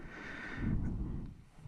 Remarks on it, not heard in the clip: It's my throat. I just heard like this low grumbling noise. I'm trying to clear it in silence.